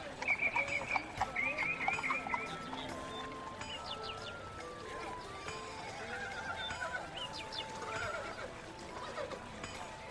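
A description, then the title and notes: Medieval life ambience: overlapping murmured voices and calls, with a steady low rumble and bird or animal sounds; louder bursts in the first second. Medieval life ASMR Ambience.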